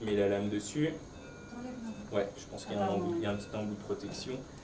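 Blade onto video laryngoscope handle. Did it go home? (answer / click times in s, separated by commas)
no / none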